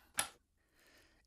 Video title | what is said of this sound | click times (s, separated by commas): T4220 IP with Optional Dial back-up Configuration - Installation video | on the back of your terminal it should click into place | 0.2 s